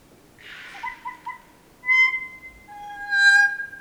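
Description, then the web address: Kokako song: a breathy rushing note, then long, sustained organ-like tones, the last one rich in ringing overtones. "sound kōkako. دانلود-صدای-پرنده-کوکاکو"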